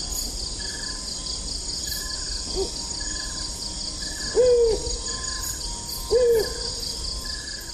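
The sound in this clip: Malay fish owl calls: a pair of brief, level-then-falling whistled notes in the second half, amid constant buzzing insects and soft repeated chirps.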